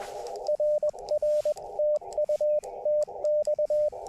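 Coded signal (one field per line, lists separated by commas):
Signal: Morse code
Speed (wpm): 21 wpm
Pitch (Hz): 600 Hz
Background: radio noise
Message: RR TU TX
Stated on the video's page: QRP CW park activation with an Elecraft KX2, telescopic whip antenna and BaMaKeY TP-III paddle, with birdsong in the background.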